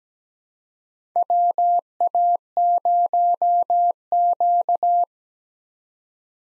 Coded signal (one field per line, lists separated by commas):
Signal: Morse code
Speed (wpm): 17 wpm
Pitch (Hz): 700 Hz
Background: none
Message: WA0Q